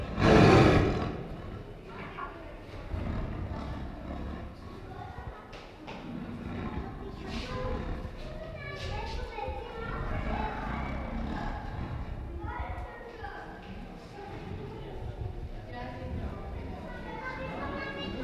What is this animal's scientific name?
Panthera tigris